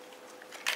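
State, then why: Not seated. A plastic leg panel on a Transformers Combiner Wars Motormaster figure is handled as it is flipped up toward its locking position in the leg during transformation. A faint tick is heard around 0.4 s, followed by a louder, brief crackly plastic rustle around 0.7 s over a quiet steady hum. The panel has not seated or clicked into place yet.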